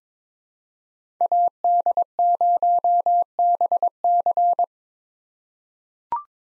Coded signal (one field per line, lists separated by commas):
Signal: Morse code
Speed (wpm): 22 wpm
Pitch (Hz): 700 Hz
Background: none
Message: AD0BC